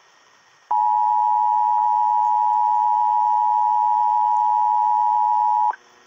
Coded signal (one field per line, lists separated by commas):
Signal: Emergency Alert System (SAME) tones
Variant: 853 and 960 Hz attention tone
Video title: EAS 662 SVR ON WWF35 (REUPLOAD)